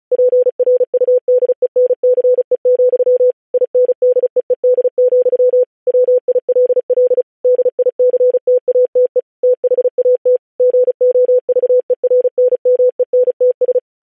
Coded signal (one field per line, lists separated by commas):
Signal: Morse code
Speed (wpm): 36 wpm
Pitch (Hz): 500 Hz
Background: none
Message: PRUDENCE, INDEED, WILL DICTATE THAT GOVERNMENTS